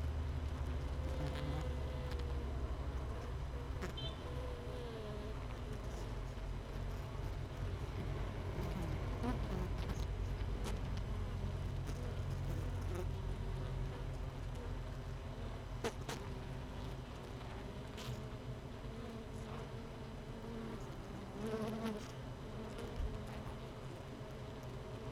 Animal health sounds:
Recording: honeybee colony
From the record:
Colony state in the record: missing queen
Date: 31 May 2018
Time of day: 17:09

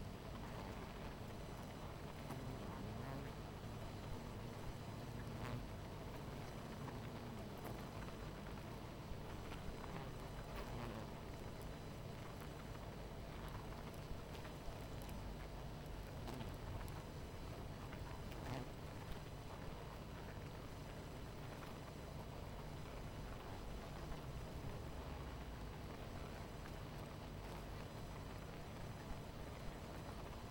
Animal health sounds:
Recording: honeybee colony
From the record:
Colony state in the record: missing queen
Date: 14 July 2017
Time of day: 19:10

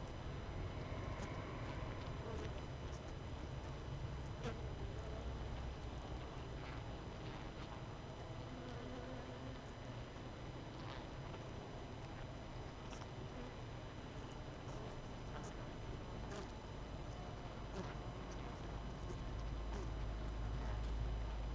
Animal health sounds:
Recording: honeybee colony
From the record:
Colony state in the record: missing queen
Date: 31 May 2018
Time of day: 18:20

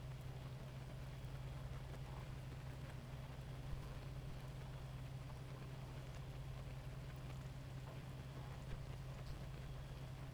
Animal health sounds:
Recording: honeybee colony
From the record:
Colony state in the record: active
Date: 28 July 2017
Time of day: 2:26

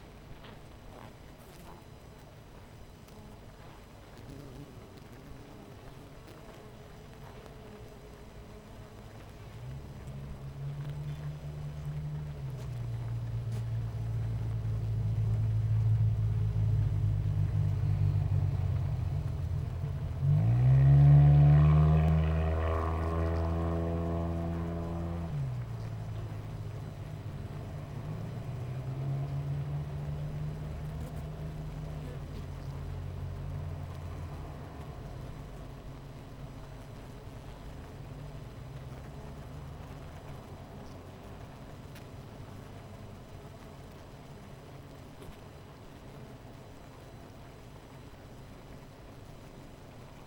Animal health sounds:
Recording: honeybee colony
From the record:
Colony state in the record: missing queen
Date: 14 July 2017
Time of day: 10:30

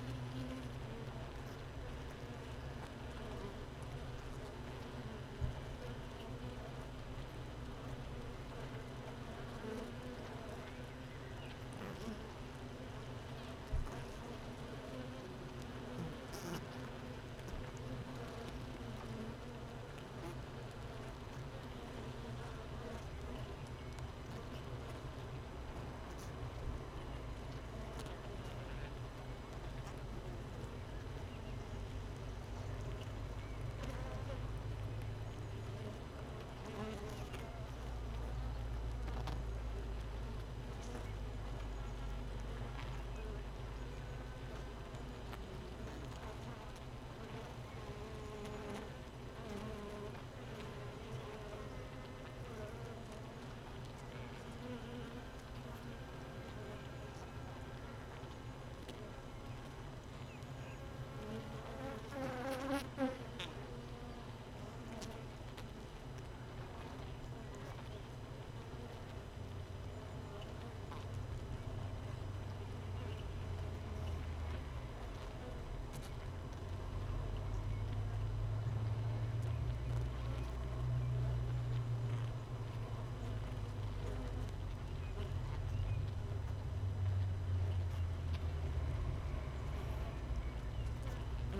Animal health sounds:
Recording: honeybee colony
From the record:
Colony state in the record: missing queen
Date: 31 May 2018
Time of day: 15:34

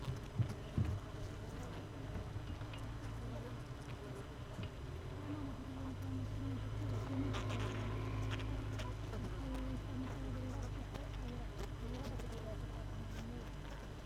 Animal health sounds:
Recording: honeybee colony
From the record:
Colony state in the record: missing queen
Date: 31 May 2018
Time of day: 16:30

